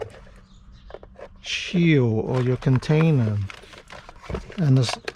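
A plastic top is handled over a container holding a lamp while someone talks, with a few faint taps and handling noises between the words. The clip ends before the top is pressed home, so nothing has snapped or seated yet.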